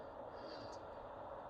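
A new spin-on oil filter, pre-filled with oil, is placed onto the engine's filter mount on a 2016–2023 Mazda CX-9 and lined up before being turned to the right to start the threads. The stretch holds only a steady, even background hum with no hits or sharp sounds. Nothing has seated or clicked yet.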